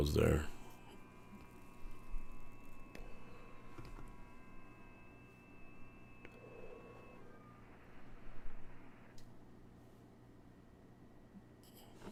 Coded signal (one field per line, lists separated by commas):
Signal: FT8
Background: speech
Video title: HAM RADIO COLORADO